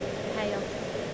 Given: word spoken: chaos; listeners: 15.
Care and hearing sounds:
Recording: one English word in noise, from a listening test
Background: speech-shaped noise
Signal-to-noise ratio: -4.2 dB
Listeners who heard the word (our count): 1 of 15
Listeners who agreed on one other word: 8 of 15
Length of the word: 0.74 s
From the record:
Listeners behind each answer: 8, 5, 1, 1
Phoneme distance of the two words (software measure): 27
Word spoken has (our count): 2 syllables, 4 phonemes, stress on syllable 1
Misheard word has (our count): 1 syllable, 3 phonemes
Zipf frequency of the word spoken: 4.22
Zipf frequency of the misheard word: 3.88

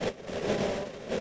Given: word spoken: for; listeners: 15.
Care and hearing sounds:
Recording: one English word in noise, from a listening test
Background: noise modulated by three-talker babble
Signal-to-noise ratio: -4.8 dB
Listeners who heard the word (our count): 0 of 15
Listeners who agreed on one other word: 7 of 15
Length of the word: 0.80 s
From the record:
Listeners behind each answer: 7, 2, 1, 1, 1, 1, 1, 1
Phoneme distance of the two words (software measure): 10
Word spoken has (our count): 1 syllable, 2 phonemes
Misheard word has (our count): 1 syllable, 2 phonemes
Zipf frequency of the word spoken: 6.93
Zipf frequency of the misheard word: 6.32

